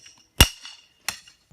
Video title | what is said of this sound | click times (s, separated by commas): 20' x 30' Party Tent setup | the button just snap right in | 0.4 s, 1.1 s